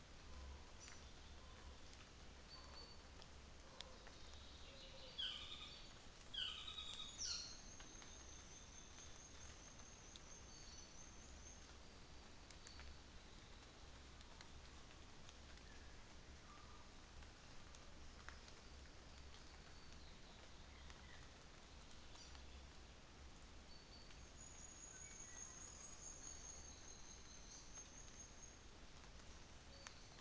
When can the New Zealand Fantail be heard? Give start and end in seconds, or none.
0.61-1.05, 6.86-11.98, 24.18-28.82